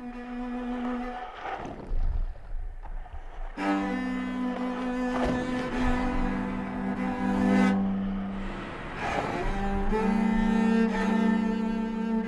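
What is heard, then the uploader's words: A walk through Long Island City, Queens, with a low, steady hum of traffic and a thin tone at first. At about four seconds a loud layered drone swells in and holds, shifting pitch around eight to nine seconds, with brief rough bursts near two and nine seconds. Featuring a binaural recording of a walk in Long Island City, Queens, and a quintet of midi-based instruments.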